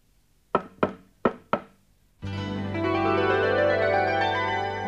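Four sharp knocks on a door in quick, slightly uneven succession, followed after a short pause by loud, sustained music with a steady low drone and bright layered tones.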